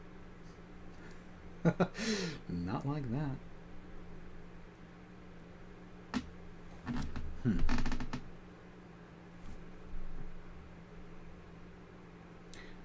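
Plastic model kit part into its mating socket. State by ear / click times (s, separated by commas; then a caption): not seated / none. A small plastic part of a model kit is pushed into its mating socket while someone talks, with soft handling noise and a few brief light taps. The part does not click into place and just passes right through, so nothing has seated or clicked.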